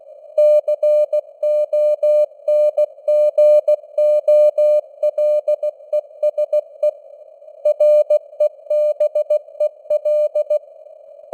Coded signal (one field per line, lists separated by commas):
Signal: Morse code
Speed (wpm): 16 wpm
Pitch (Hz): 600 Hz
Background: none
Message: CONGOLESE REBEL